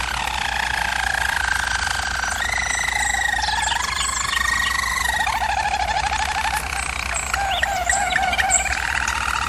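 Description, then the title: German Roller canary song, a soft continuous warble of deep rolls with chirpier notes scattered on top, accompanied by a steady low background hum. German Roller canary singing, for canary song training. "German Roller Canary Singing - Canary Training Vid"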